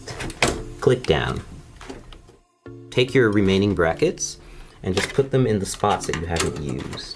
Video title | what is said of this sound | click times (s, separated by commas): The Verge PC Build Reupload | just gonna pick the top one because the SSD is at the bottom and I don't want to cover it I just think it looks nice click | 0.4 s